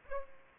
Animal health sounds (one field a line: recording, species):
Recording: mosquito wingbeat signal from an infrared sensor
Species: Aedes aegypti